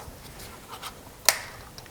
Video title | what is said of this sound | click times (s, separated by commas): Kia 2.4L GDI Engine Spark Plug Replacement Step By Step | Just going to push it on there till it snaps into place, and then push down on the gray clip. | 1.3 s